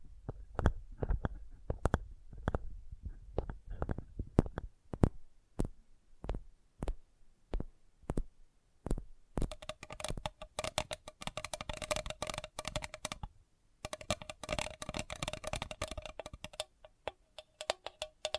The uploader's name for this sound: Sensitive Tapping